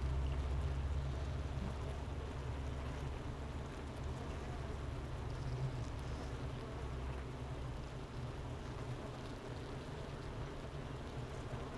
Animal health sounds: honeybee colony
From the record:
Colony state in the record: missing queen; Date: 31 May 2018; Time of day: 10:31

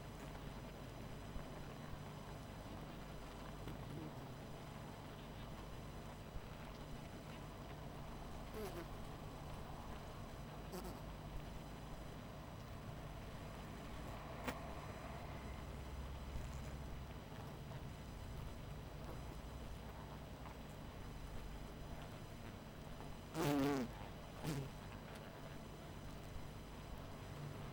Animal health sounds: honeybee colony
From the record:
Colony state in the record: missing queen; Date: 14 July 2017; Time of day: 22:04

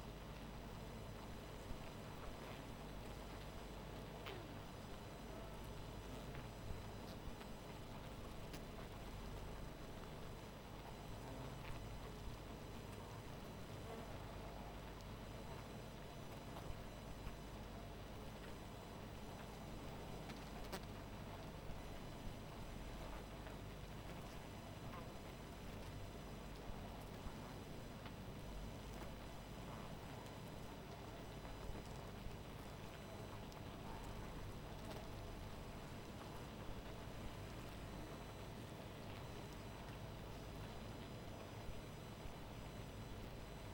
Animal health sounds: honeybee colony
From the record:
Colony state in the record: missing queen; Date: 14 July 2017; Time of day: 0:18

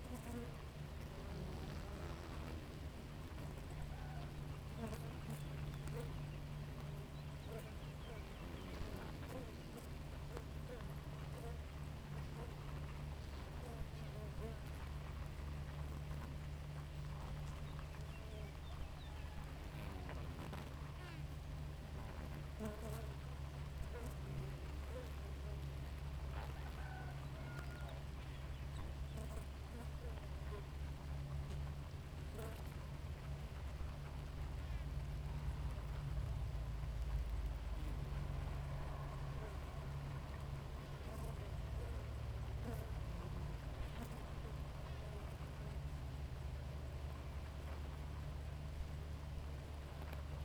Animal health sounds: honeybee colony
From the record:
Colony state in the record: active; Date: 28 July 2017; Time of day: 4:22

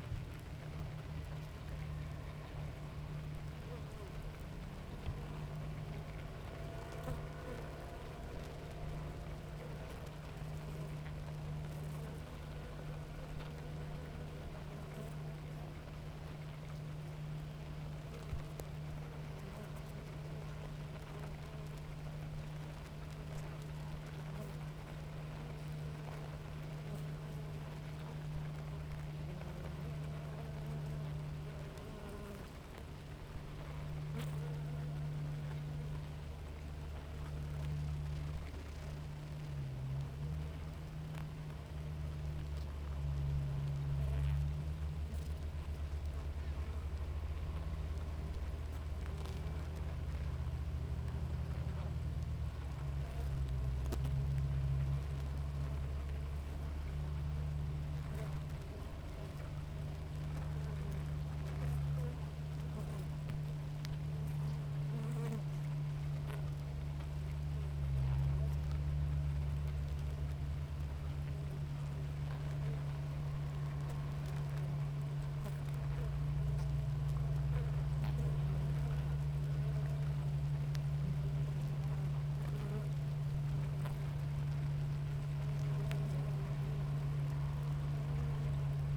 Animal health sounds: honeybee colony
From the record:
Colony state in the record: active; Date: 28 July 2017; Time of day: 7:14

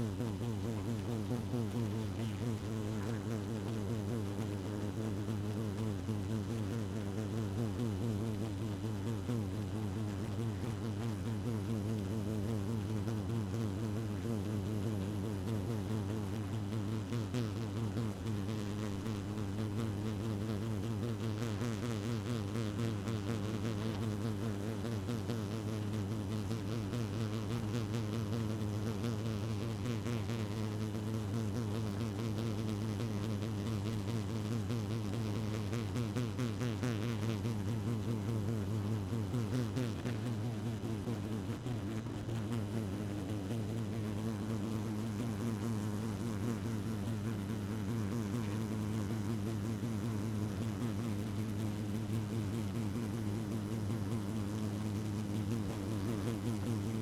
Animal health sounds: honeybee colony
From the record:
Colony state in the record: active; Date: 12 June 2018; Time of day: 1:20

